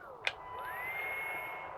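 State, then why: Seated. A fitting with a small locking button is pushed into its mating mount on a pressure washing truck rig and locks into place with a single sharp click at 0.3 s. A steady whine with rising and falling tones continues underneath, and no one talks.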